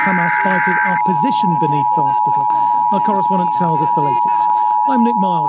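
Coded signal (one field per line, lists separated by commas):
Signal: Emergency Alert System (SAME) tones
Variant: 853 and 960 Hz attention tone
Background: speech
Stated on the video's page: Required weekly tests.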